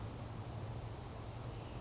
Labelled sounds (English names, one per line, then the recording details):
Western Flycatcher
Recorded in Sonoma County, California